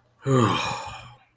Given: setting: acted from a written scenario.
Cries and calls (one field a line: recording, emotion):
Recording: vocal sound without words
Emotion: relief